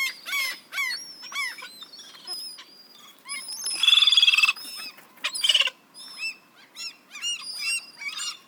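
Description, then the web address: Gulls giving overlapping yelping and mewing calls, with a loud rasping burst in the middle. "best service Blue Box birds seagulls"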